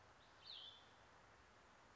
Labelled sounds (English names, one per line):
Cassin's Vireo